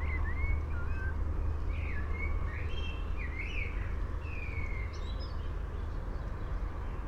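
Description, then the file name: Common blackbird singing a series of short whistled and slurred notes for about five seconds, over steady low background noise. "Turdus merula"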